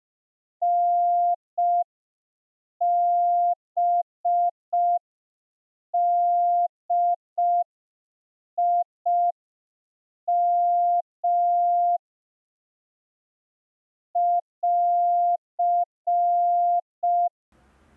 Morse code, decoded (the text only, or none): NBDIM <AR>